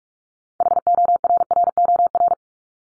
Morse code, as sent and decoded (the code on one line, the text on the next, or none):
.... --- .-. .-. --- .-.
HORROR